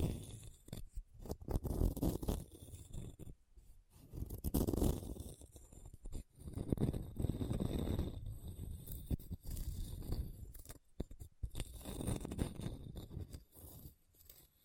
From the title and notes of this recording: ASMR Hard and Bumpy Surface Scratching (No Talking).